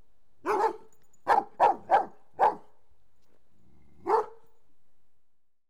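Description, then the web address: Dobermann barks: one bark, then a rapid run of four, a pause, and a final single bark. "BBC Sound Effects Library. Doberman Barking"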